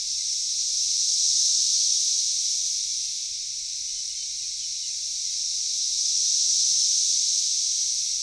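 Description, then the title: High, hissing cicada drone swelling to two broad peaks and dipping between them, continuous throughout. Cicadas calling in a backyard in Knoxville, Tennessee, USA. "3619 Alpine Dr SE, Knoxville, TN 37920, USA - Backyard Cicadas"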